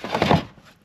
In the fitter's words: And that just clicks into place.